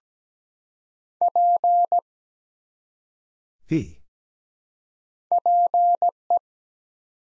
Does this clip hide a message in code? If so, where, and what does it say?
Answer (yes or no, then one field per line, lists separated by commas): yes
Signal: Morse code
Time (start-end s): 1.2-6.4 s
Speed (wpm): 17 wpm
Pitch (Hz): 700 Hz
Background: none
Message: P PE